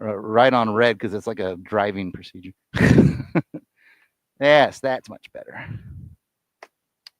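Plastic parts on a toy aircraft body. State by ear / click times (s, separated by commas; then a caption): seated / 6.6 s, 7.1 s. Two plastic parts of an action-figure aircraft model are pressed into their sockets on the toy aircraft body one after the other, while someone talks for most of the clip. After the talking stops, each part gives a short, sharp click, at 6.6 s and 7.1 s. Both parts seat with a satisfying click.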